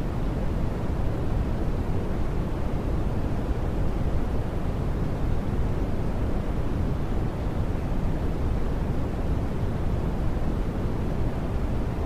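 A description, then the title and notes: Steady brown noise, a dense, unchanging rumble weighted toward the low end, with softer hiss above and no events or variation throughout. Brown Noise Sound.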